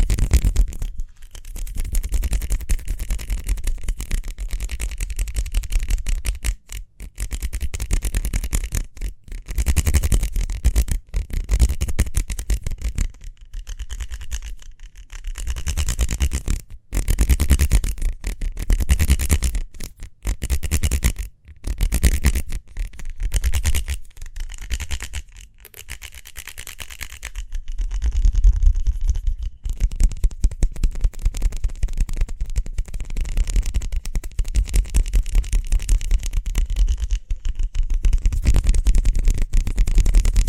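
Quick hand sounds go on for the whole clip: a dense run of rubbing and scraping with many short sharp taps and brief silent gaps, some of them clustered between about 7 and 27 seconds. A low, steady rumble continues underneath throughout.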